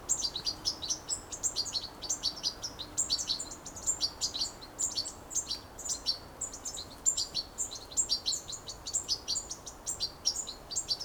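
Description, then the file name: European goldfinch chattering busily: dense, high tinkling notes tumble in quick succession, barely a gap between bursts, over a quiet background. "Carduelis carduelis"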